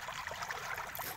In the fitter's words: khi bạn nghe thấy tiếng lách cách, đúng vậy, nghĩa là nó đã được phát hành như thế